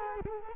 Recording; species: mosquito wingbeat signal from an infrared sensor; Culex quinquefasciatus